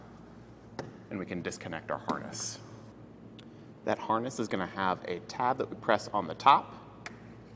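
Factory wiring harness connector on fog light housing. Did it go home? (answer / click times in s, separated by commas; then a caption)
released / 7.1 s. Someone talks while the locking tab on top of the factory wiring harness connector on a 2021 Toyota RAV4's fog light housing is pressed to unplug it. A small click is heard at 7.1 s as the connector releases from the housing.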